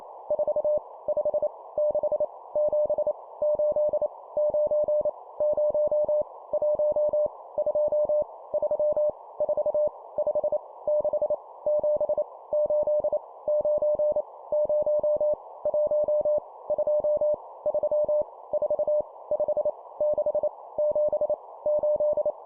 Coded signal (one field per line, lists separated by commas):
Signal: Morse code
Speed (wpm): 28 wpm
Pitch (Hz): 600 Hz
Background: none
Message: 4 5 6 7 8 9 0 1 2 3 4 5 6 7 8 9 0 1 2 3 4 5 6 7 8